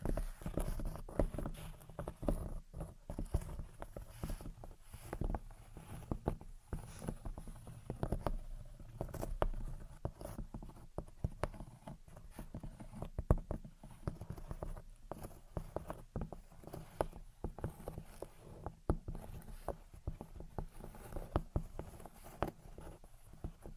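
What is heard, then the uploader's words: Gentle tapping and scratching in quick, uneven patters that run the whole time, dull and low with sharper clicks scattered throughout. Gentle Tapping and Scratching. (No Talking).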